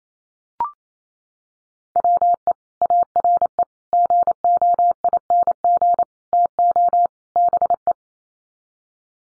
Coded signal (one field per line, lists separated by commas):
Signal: Morse code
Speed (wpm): 28 wpm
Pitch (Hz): 700 Hz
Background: none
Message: WE ARE GOING TO BE